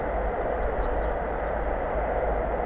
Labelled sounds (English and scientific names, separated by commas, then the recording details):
Eurasian Blue Tit (Cyanistes caeruleus)
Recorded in Germany
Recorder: ecoPi